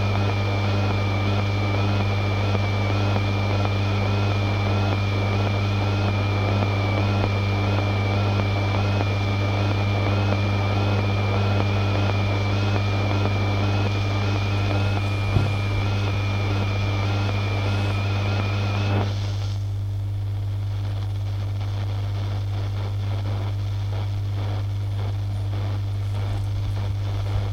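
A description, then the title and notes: An old radio drones with a heavy, steady low hum and a stack of whining tones layered above it. Around nineteen seconds the tones drop out and the sound turns rougher and hissier, like static between stations, at an even, unchanging loudness. Radio Interference. I recorded this old radio at a friends place.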